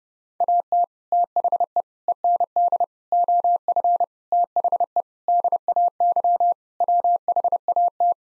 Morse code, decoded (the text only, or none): AT THE END OF THE DAY WHAT